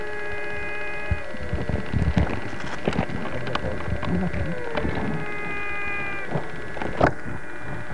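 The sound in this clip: Physalaemus barrioi frog giving two drawn-out, descending whine-like notes, with rustling, knocking and clicking noises throughout.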